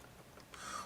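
The snap-fit battery door on a Teslacigs XT box mod is pulled open to show the batteries inside, and a single short click at 0.5 s is heard as the door comes free. Before the click there is only faint low hiss, and afterwards a brighter broadband hiss rises. The door is released.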